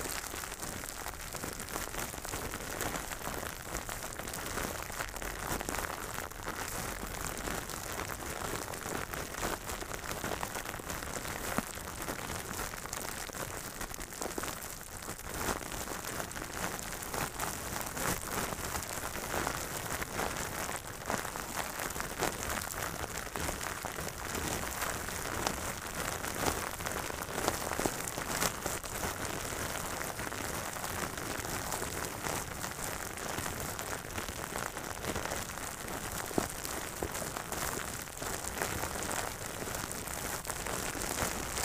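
Dense, steady crinkling of plastic or bubble wrap runs throughout, a bright crackling hiss with frequent small pops and no talking.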